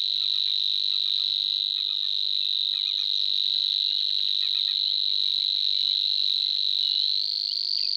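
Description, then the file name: Savi's warbler reeling song, a steady high insect-like buzz held unbroken throughout, with short chattering notes of another bird scattered over it. "Snor"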